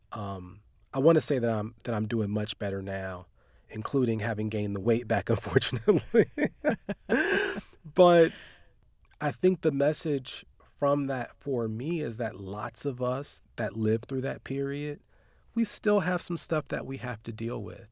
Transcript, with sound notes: I want to say that I'm doing much better now, including having gained the weight back, unfortunately (laughter). But I think the message from that for me is that lots of us that lived through that period - we still have some stuff that we have to deal with.